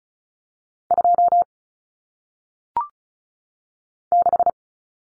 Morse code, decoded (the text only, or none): 2 6